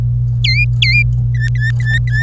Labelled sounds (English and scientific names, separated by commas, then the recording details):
Domestic Canary (Serinus canaria) song
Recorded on 26 April 2018 at 09:36
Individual llb3